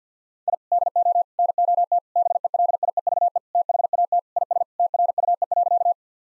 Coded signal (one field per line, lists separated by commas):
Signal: Morse code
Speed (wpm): 50 wpm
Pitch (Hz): 700 Hz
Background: none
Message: I DO NOT BELIEVE THAT IS TRUE.